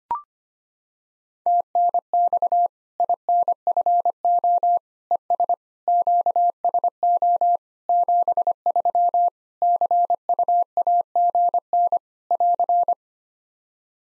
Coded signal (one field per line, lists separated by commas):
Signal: Morse code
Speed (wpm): 25 wpm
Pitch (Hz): 700 Hz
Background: none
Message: TNX INFO ES QSO 73 CUAGN <AR>